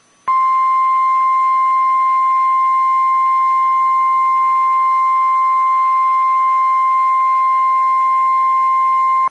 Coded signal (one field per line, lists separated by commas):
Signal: Emergency Alert System (SAME) tones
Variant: 1050 Hz attention tone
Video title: If you like EAS Tests, this is the video for you. (EAS 651-666)